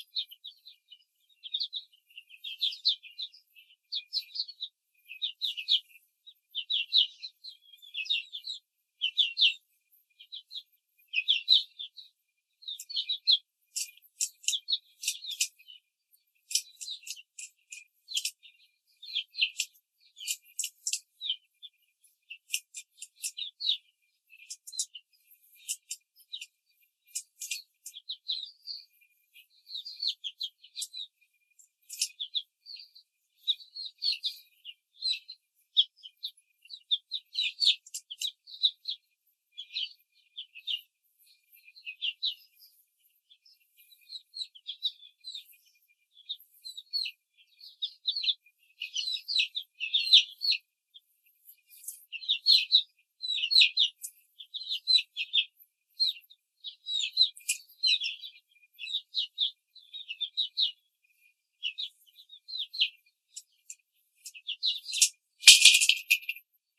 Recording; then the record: young laying hens in a cage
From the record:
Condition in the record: control cage, before the stress test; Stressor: none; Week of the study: 4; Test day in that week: 1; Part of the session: 3